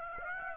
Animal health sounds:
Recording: mosquito wingbeat signal from an infrared sensor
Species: Aedes aegypti

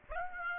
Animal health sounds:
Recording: mosquito wingbeat signal from an infrared sensor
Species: Aedes aegypti

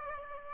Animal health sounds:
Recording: mosquito wingbeat signal from an infrared sensor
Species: Aedes aegypti

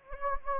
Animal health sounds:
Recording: mosquito wingbeat signal from an infrared sensor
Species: Anopheles gambiae

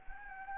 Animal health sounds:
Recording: mosquito wingbeat signal from an infrared sensor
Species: Anopheles gambiae

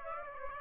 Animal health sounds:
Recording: mosquito wingbeat signal from an infrared sensor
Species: Aedes aegypti

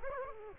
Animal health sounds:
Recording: mosquito wingbeat signal from an infrared sensor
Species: Culex quinquefasciatus

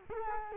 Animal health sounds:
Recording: mosquito wingbeat signal from an infrared sensor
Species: Culex quinquefasciatus

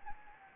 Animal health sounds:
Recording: mosquito wingbeat signal from an infrared sensor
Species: Anopheles gambiae

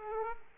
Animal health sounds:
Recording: mosquito wingbeat signal from an infrared sensor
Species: Aedes aegypti

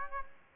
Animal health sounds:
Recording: mosquito wingbeat signal from an infrared sensor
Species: Aedes aegypti

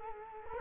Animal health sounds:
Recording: mosquito wingbeat signal from an infrared sensor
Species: Culex quinquefasciatus

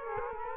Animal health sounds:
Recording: mosquito wingbeat signal from an infrared sensor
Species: Culex quinquefasciatus

